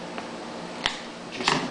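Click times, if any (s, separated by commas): 0.9 s, 1.5 s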